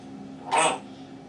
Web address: a vot eto razgovarivaet odna pernataya skotina po imeni grig. parrots psittacus-erithacus